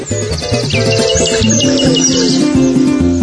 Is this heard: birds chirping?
yes